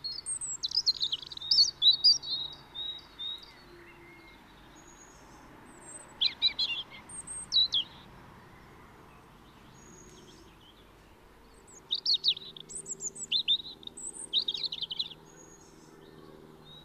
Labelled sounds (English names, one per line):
European Robin song